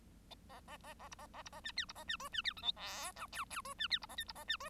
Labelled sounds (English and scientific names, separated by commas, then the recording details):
Bengalese Finch (Lonchura striata domestica) song
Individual Bird1